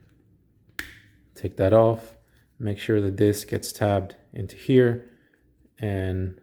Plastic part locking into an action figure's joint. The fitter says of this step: um we can play around with the legs later so same thing here you're going to take this you're going to hear that click